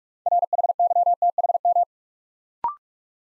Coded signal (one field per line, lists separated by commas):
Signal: Morse code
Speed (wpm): 44 wpm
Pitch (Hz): 700 Hz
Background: none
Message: RHYTHM